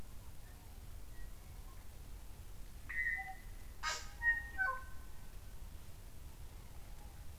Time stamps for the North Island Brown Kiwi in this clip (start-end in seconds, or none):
none